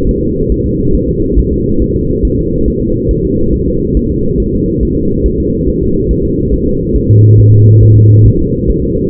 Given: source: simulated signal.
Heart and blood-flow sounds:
fetal heart sounds
0.09 s: S1
0.23 s: S2
0.52 s: S1
0.66 s: S2
0.95 s: S1
1.09 s: S2
1.39 s: S1
1.53 s: S2
1.82 s: S1
1.96 s: S2
2.25 s: S1
2.39 s: S2
2.68 s: S1
2.82 s: S2
3.11 s: S1
3.25 s: S2
3.54 s: S1
3.68 s: S2
3.97 s: S1
4.11 s: S2
4.40 s: S1
4.54 s: S2
4.83 s: S1
4.97 s: S2
5.26 s: S1
5.40 s: S2
5.69 s: S1
5.82 s: S2
6.11 s: S1
6.25 s: S2
6.54 s: S1
6.68 s: S2
6.96 s: S1
7.10 s: S2
7.40 s: S1
7.53 s: S2
7.83 s: S1
7.97 s: S2
8.26 s: S1
8.40 s: S2
8.70 s: S1
8.84 s: S2
From the record:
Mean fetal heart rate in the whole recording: 140 bpm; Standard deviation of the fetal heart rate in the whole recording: 2 bpm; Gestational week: 34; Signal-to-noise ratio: -15.3 dB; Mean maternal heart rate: 72 bpm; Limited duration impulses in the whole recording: present

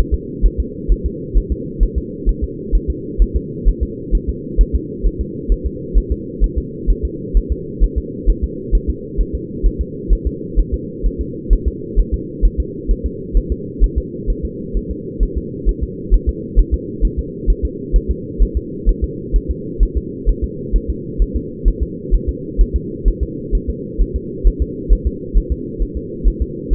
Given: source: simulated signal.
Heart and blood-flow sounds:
fetal heart sounds
0.14 s: S2
0.46 s: S1
0.60 s: S2
0.92 s: S1
1.06 s: S2
1.38 s: S1
1.52 s: S2
1.83 s: S1
1.98 s: S2
2.29 s: S1
2.44 s: S2
2.75 s: S1
2.90 s: S2
3.22 s: S1
3.36 s: S2
3.68 s: S1
3.83 s: S2
4.15 s: S1
4.29 s: S2
4.61 s: S1
4.75 s: S2
5.06 s: S1
5.21 s: S2
5.52 s: S1
5.66 s: S2
5.98 s: S1
6.12 s: S2
6.44 s: S1
6.58 s: S2
6.90 s: S1
7.05 s: S2
7.37 s: S1
7.52 s: S2
7.84 s: S1
7.98 s: S2
8.30 s: S1
8.44 s: S2
8.75 s: S1
8.90 s: S2
9.20 s: S1
9.35 s: S2
9.66 s: S1
9.81 s: S2
10.13 s: S1
10.27 s: S2
10.59 s: S1
10.74 s: S2
11.06 s: S1
11.21 s: S2
11.53 s: S1
11.68 s: S2
11.99 s: S1
12.14 s: S2
12.45 s: S1
12.60 s: S2
12.91 s: S1
13.06 s: S2
13.37 s: S1
13.52 s: S2
13.84 s: S1
13.98 s: S2
14.30 s: S1
14.45 s: S2
14.77 s: S1
14.91 s: S2
15.23 s: S1
15.38 s: S2
15.69 s: S1
15.83 s: S2
16.14 s: S1
16.29 s: S2
16.59 s: S1
16.74 s: S2
17.05 s: S1
17.19 s: S2
17.50 s: S1
17.65 s: S2
17.96 s: S1
18.11 s: S2
18.42 s: S1
18.57 s: S2
18.89 s: S1
19.04 s: S2
19.36 s: S1
19.51 s: S2
19.83 s: S1
19.97 s: S2
20.29 s: S1
20.44 s: S2
20.76 s: S1
20.90 s: S2
21.22 s: S1
21.36 s: S2
21.68 s: S1
21.83 s: S2
22.14 s: S1
22.29 s: S2
22.61 s: S1
22.76 s: S2
23.08 s: S1
23.23 s: S2
23.55 s: S1
23.70 s: S2
24.02 s: S1
24.16 s: S2
24.47 s: S1
24.62 s: S2
24.93 s: S1
25.07 s: S2
25.38 s: S1
25.52 s: S2
25.82 s: S1
25.97 s: S2
26.28 s: S1
26.42 s: S2
26.73 s: S1
From the record:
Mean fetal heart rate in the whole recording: 130 bpm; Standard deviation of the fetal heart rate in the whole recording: 2 bpm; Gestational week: 36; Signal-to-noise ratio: -4.1 dB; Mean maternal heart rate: no maternal heart sound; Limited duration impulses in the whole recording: absent

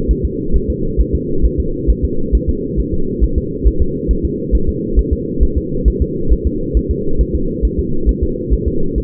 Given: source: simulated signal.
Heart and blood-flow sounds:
fetal heart sounds
0.11 s: S1
0.25 s: S2
0.56 s: S1
0.70 s: S2
1.01 s: S1
1.15 s: S2
1.45 s: S1
1.60 s: S2
1.90 s: S1
2.05 s: S2
2.35 s: S1
2.49 s: S2
2.80 s: S1
2.94 s: S2
3.24 s: S1
3.38 s: S2
3.67 s: S1
3.82 s: S2
4.11 s: S1
4.25 s: S2
4.55 s: S1
4.69 s: S2
4.99 s: S1
5.13 s: S2
5.43 s: S1
5.58 s: S2
5.88 s: S1
6.02 s: S2
6.33 s: S1
6.47 s: S2
6.77 s: S1
6.91 s: S2
7.21 s: S1
7.35 s: S2
7.65 s: S1
7.79 s: S2
8.09 s: S1
8.23 s: S2
8.54 s: S1
8.68 s: S2
8.98 s: S1
From the record:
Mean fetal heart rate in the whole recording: 135 bpm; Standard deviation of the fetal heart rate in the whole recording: 3 bpm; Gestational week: 34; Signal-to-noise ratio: -8.1 dB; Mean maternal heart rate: 72 bpm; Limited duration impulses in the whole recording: absent

